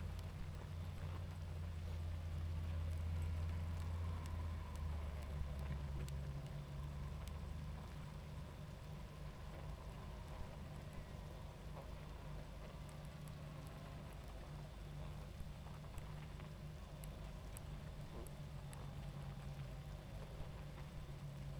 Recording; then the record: honeybee colony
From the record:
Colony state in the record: active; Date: 28 July 2017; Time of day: 21:43